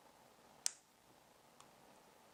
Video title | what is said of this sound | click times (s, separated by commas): How to Repair Fiber Optic Cable | you begin to insert the barrel you're going to have to wiggle your way in but once you do you get an audible click and then you know it's secure now | 0.7 s